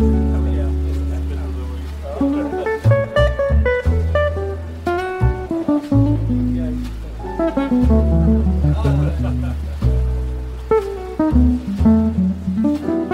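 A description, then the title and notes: Relaxed café music plays throughout, built on deep, held bass notes that change every couple of seconds under a bright, melodic line of plucked or struck notes. A voice-like melody weaves through, and the level stays fairly even, with short rhythmic accents. Beach Cafe Ambience With Relaxing Coffee Shop Music, Ocean Waves, Soft Chatter.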